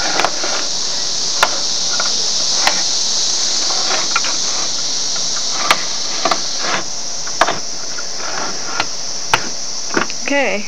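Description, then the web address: Cicada chorus, a steady high-pitched hissing drone held throughout, with scattered sharp clicks and a brief chirping sound near the end. Recorded in June 2004; several cicadas. "fleur. cicadas jun 052004"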